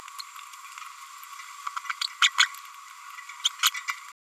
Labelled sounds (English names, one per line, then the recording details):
Green-rumped Parrotlet babbling
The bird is a female
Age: 31 days
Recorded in a nest box in Venezuela
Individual 17B102A6